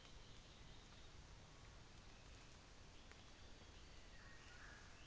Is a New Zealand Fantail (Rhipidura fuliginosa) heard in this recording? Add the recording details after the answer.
no. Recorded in New Zealand on 24 December 2018. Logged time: 10:15